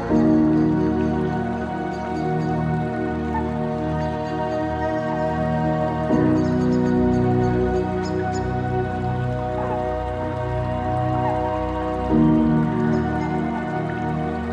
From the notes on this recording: sounds of trickling water and gentle tunes